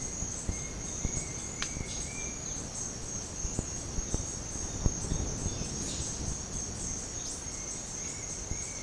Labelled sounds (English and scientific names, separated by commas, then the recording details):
none
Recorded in dense forest near Puerto Asís, Putumayo, Colombia, on 13 March 2025 at 08:30
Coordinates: 0.500, -76.322
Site GP06